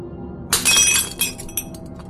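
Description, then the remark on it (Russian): A glass bottle slips from a person's hands and smashes on the floor with a sudden bright crash, spilling liquid, followed by a scattering of tinkling shards that ring out and fade over the next second, with no voices. “Бутылка выскользнула из моих рук и разлетелась вдребезги.”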